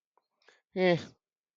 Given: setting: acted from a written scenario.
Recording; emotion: vocal sound without words; neutral